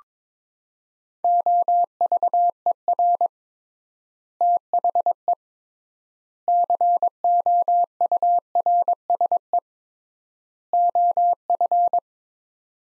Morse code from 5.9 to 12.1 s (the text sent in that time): COURSE OF